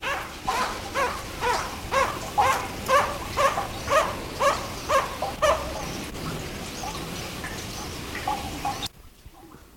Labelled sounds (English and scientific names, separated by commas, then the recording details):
Coppersmith Barbet (Megalaima haemacephala) call
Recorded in captivity
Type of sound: call, call sequence
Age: adult
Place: Zoo Berlin, Berlin, DE
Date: 1991-10-30
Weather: sonnig, 0°C
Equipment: Nagra SN, Kopie Tesla B 116
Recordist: Tembrock, Günter
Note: Lautfolge